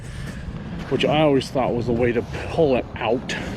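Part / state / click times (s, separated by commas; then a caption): LED headlight twist-lock socket into truck headlight housing / not seated / none. An LED headlight's twist-lock socket is being fitted back into the headlight housing on a Freightliner Cascadia truck, handled with a counterclockwise twist to lock it. Someone talks over a low, steady background noise. The clip ends before the part goes home, and nothing has seated or clicked yet.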